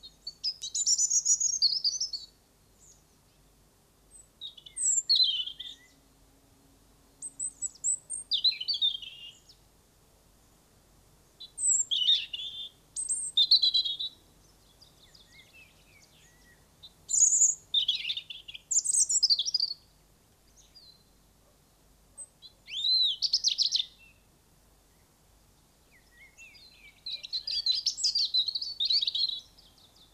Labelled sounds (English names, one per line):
European Robin song